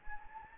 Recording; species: mosquito wingbeat signal from an infrared sensor; Anopheles gambiae